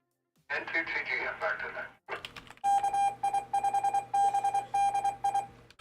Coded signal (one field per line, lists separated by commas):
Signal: Morse code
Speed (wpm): 24 wpm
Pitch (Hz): 800 Hz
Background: speech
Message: KI5BDI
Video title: Canton Area Radio Emergency Services (VZ CARES) Live Stream